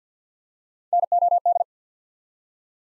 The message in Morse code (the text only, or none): NOD